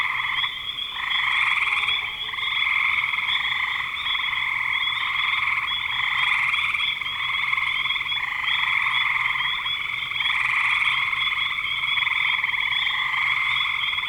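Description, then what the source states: Frogs calling together, a continuous high-pitched pulsing chorus with slight surges in loudness throughout. Frogs in spring 2025.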